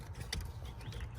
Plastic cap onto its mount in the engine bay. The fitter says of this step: hopefully just snaps right in there you know